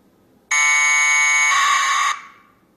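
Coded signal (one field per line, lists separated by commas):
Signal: packet radio (AX.25, as in APRS)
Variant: 1200 baud AFSK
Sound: one short buzzy burst: a steady raspy tone, then warbling two-tone data chatter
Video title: APRSdroid AFSK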